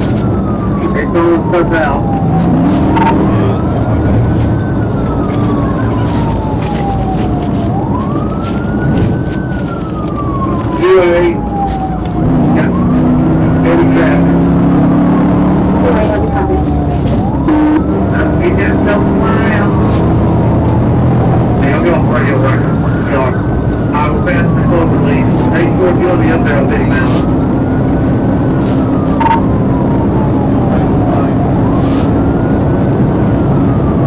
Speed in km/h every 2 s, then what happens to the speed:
135, 147, 148, 134, 111, 109, 119, 137, 137, 153, 158, 159, 163, 167, 172, 175, 179.
0-5 speeds up to 148. 5-8 brakes to 111. 11-34 speeds up to 179.